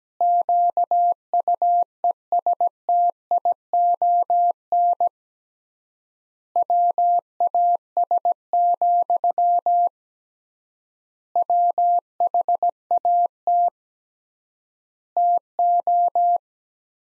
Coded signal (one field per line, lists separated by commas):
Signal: Morse code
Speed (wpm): 17 wpm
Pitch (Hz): 700 Hz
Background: none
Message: QUESTION WAS, WHAT TO